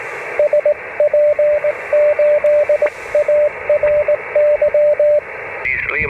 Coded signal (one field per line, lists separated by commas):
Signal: Morse code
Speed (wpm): 19 wpm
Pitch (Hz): 590 Hz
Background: speech, radio noise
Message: SP8ARY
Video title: The best portable antenna you've probably never heard of (Bobtail curtain for 14 MHz and more)